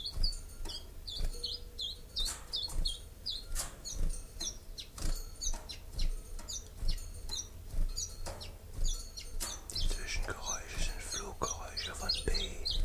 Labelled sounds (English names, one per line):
Common Chiffchaff